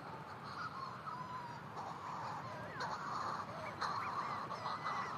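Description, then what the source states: Manx Shearwater flight calls, rough crowing cries. Manx Shearwater flight calls, a witch-like cackling, from birds circling unseen above burrows on Skellig Michael, an Atlantic rock, in near darkness; an incubating mate in its burrow, possibly unfed for days, listens for them.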